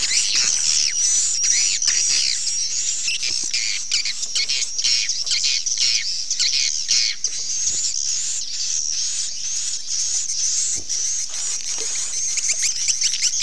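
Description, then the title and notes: Swiftlet twittering: continuous high buzzy chirps with scattered rattling clicks, crowded and busy throughout, and a low hum underneath. Swiftlet sound used in swiftlet bird farming in Asia. "Swiflet Bird Sound. Farming Swiflet Bird asia sound"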